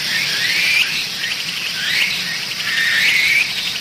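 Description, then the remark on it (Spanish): Mosquitoes and other insects of the Amazon jungle buzz in a dense, steady high drone, while bird calls sweep upward in bright whistled chirps about three times, evenly loud throughout with no voices. “¿Notan los mosquitos de esa selva del Amazonas?”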